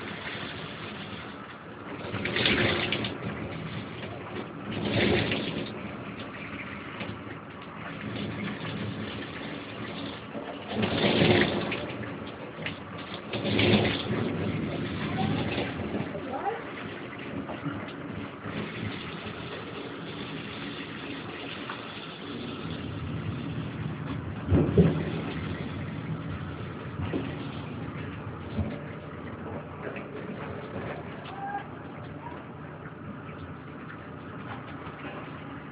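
A steady wash of shower noise runs throughout, a dull, rumbling hiss with nothing above the middle range. Louder surges break through near 2, 5, 11, 14 and 25 seconds, where the spray briefly swells and thickens before settling back to an even murmur.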